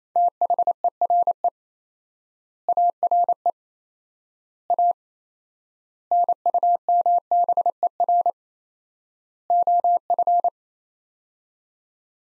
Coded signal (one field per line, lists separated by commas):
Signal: Morse code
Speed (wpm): 28 wpm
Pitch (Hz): 700 Hz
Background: none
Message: THERE ARE A NUMBER OF